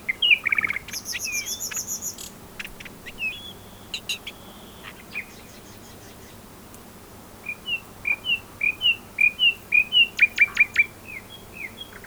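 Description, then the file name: Common nightingale song: sharp downslurred whistles and a bright buzzy trill, then after a pause a series of quick repeated chirped notes. "Luscinia megarhynchos"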